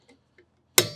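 A click-type torque wrench tightens the next wheel lug nut until it gives a sharp, loud click at 0.8 s, confirming the torque value is reached and no further tightening is needed. Two faint ticks come before it at about 0.1 s and 0.4 s.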